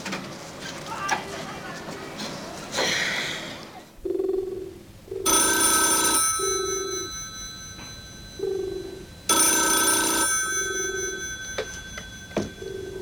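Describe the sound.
A telephone rings in a series of loud, jangling bursts with short pauses between them, after a few seconds of muffled voices and shuffling at the start.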